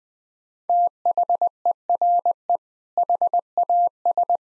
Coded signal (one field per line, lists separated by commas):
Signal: Morse code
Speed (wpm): 20 wpm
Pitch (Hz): 700 Hz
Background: none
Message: THERE HAS